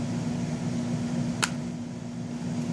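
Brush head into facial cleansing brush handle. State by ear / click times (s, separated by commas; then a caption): seated / 1.4 s. A plastic Clarisonic facial cleansing brush head is set into the grooves on the handle and turned clockwise over a steady low hum. A single sharp click sounds at 1.4 s as the brush head locks in place on the handle.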